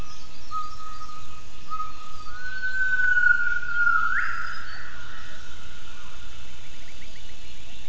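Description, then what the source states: Gibbon call: a long, clear whistled tone held steady, then gliding slightly upward before a sharp rising sweep, set against a low, steady background hiss. Recording used for acoustic triangulation of gibbon vocalizations.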